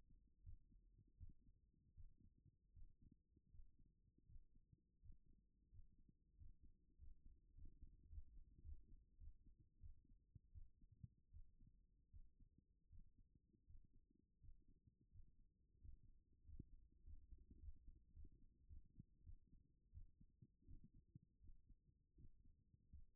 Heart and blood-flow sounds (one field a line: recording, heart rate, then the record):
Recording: heart sounds by stethoscope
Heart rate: 88 bpm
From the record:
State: at rest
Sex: female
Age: 25 years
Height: 169 cm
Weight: 64 kg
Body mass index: 22.41